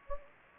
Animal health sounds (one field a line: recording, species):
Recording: mosquito wingbeat signal from an infrared sensor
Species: Anopheles gambiae